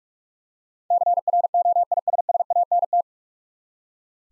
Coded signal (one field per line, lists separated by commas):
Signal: Morse code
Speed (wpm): 44 wpm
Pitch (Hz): 700 Hz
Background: none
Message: CROISSANT